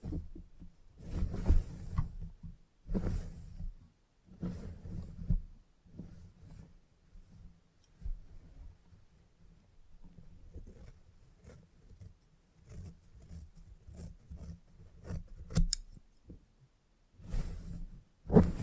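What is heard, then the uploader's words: Salon haircut sounds: irregular rustling and brushing bursts over a low hum, with quick snipping clicks clustering near the middle and end. ASMR Relaxing Salon Haircut Head Massage, Scissors and Clipper(No Talking).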